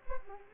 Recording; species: mosquito wingbeat signal from an infrared sensor; Culex pipiens